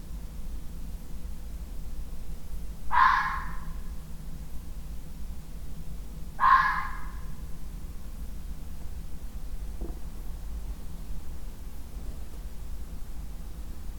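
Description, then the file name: Fox barking: two harsh, hoarse single barks about three and a half seconds apart, over a steady low rumble of background noise. "freesound Fox Barking"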